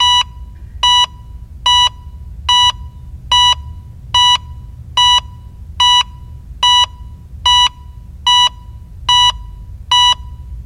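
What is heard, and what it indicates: Steady, regular high-pitched heart monitor beeps at about 72 per minute, a sound-effect heart monitor tracking a normal rate.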